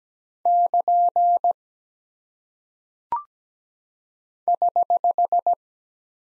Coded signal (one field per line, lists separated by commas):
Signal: Morse code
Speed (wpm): 17 wpm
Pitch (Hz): 700 Hz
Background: none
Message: <KN> <HH>